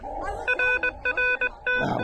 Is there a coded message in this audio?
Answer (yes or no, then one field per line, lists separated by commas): yes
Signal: Morse code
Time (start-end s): 0.5-1.8 s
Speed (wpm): 20 wpm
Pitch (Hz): 1490 Hz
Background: none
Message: RRT